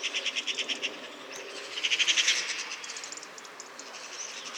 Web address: SETE data Pica pica